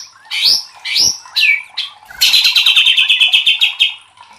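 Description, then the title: White-rumped shama song: loud upswept whistles, then a rapid buzzy trill of about a dozen harsh notes before fading. Masteran training recording for caged birds of murai batu, labaik style. "MASTERAN MURAI BATU LABAIK"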